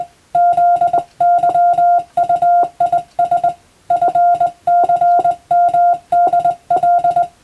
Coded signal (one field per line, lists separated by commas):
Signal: Morse code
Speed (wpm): 20 wpm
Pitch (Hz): 700 Hz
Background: none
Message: ZYUIS FCMDL